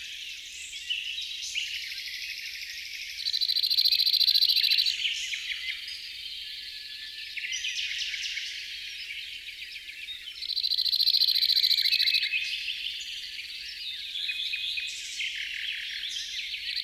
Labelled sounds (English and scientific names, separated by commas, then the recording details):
Cirl Bunting (Emberiza cirlus) song
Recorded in the wild
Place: St. Laurent des Arbres und Umgebung, FR
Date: 2008-05-14
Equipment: MiniDisc Sharp MT 20 H
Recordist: Schwarz, Dieter